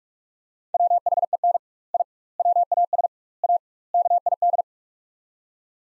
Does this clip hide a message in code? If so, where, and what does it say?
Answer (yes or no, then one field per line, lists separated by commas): yes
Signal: Morse code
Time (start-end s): 0.7-4.6 s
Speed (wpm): 46 wpm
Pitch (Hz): 700 Hz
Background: none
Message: WHEN I WAS A KID